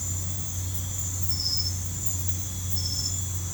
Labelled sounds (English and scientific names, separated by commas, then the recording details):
none
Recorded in pastures near Puerto Asís, Putumayo, Colombia, on 15 December 2024 at 01:30
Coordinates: 0.505, -76.324
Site G063